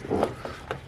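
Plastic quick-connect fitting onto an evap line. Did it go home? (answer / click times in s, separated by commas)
no / none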